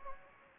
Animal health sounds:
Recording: mosquito wingbeat signal from an infrared sensor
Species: Anopheles gambiae

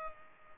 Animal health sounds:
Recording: mosquito wingbeat signal from an infrared sensor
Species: Culex pipiens

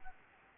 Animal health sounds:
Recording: mosquito wingbeat signal from an infrared sensor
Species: Anopheles arabiensis

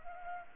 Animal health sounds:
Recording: mosquito wingbeat signal from an infrared sensor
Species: Culex pipiens

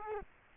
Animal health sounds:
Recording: mosquito wingbeat signal from an infrared sensor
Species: Culex quinquefasciatus

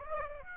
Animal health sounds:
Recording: mosquito wingbeat signal from an infrared sensor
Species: Aedes aegypti

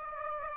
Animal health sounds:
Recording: mosquito wingbeat signal from an infrared sensor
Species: Aedes aegypti

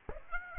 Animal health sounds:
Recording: mosquito wingbeat signal from an infrared sensor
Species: Aedes aegypti

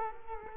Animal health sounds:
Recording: mosquito wingbeat signal from an infrared sensor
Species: Culex quinquefasciatus

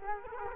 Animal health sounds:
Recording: mosquito wingbeat signal from an infrared sensor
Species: Culex quinquefasciatus

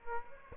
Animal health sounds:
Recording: mosquito wingbeat signal from an infrared sensor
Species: Aedes aegypti

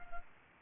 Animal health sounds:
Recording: mosquito wingbeat signal from an infrared sensor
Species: Culex quinquefasciatus

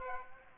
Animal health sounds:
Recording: mosquito wingbeat signal from an infrared sensor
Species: Aedes aegypti

